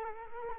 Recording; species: mosquito wingbeat signal from an infrared sensor; Culex quinquefasciatus